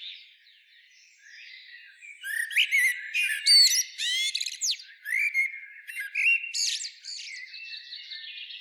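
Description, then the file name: Eurasian blackbird starting softly, then loud high squeaks, rising whistles and fluty notes in quick succession, fading back to quieter twittering. "Turdus merula"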